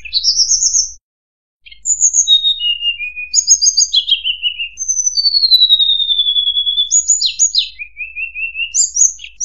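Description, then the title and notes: Streaked spiderhunter singing a lively series of high, clear whistles, including long falling slurs and quick chirped phrases. There is a short gap near the start. Bird-training recording of lively, clear, long singing. "Pijantung Gunung Gacor Jernih Panjang. Masteran burung"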